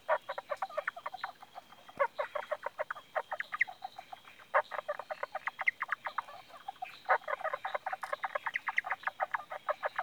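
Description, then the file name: Indian bronzed frog calls: fast trains of short clicking notes in bursts, with a steady high whine behind. "Indosylvirana temporalis"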